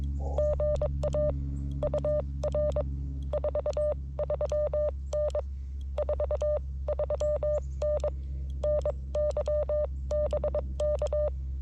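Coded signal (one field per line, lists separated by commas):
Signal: Morse code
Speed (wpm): 18 wpm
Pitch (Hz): 590 Hz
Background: none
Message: GA UR 43N 43N NY BK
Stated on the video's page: CW parks on the air activation at K-5221 Oakley Corners state forest, using FX-4CR radio and Wolf River Coils 17' whip; slow, with QRM.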